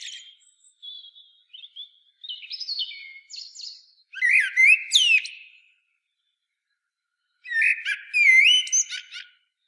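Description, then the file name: Common blackbird giving soft twittering notes, then two loud bursts of sharp rising whistles and squeaky trills separated by a pause. "Turdus merula"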